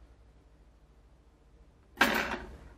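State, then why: Seated. A longer flex cable connector is pressed onto its circuit board socket in a Samsung Galaxy S4 phone. After about two seconds of quiet low hum, a sharp, bright click at 2.0 s fades over about half a second. The connector seats.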